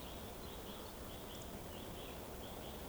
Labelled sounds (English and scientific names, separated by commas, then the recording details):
Eurasian Woodcock (Scolopax rusticola) whistle
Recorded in Baden-Württemberg, Germany, on 23 June 2020 at 20:08 UTC
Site 14569, 102 m above sea level